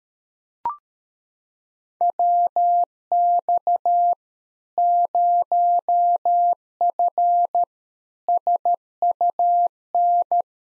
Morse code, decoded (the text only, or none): WX 0F SUN